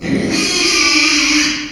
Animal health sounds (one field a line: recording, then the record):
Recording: squeal of a Yucatan mini pig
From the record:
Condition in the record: after surgery on the right vocal fold (resection and tissue-engineered implant)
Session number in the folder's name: 2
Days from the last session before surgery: 13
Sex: male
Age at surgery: 12 weeks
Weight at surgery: 13 kg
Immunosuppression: cyclosporine, prednisolone